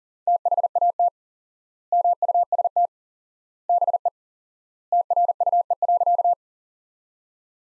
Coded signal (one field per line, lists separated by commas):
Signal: Morse code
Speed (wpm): 40 wpm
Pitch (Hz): 700 Hz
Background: none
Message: THAT MUST BE TRUE.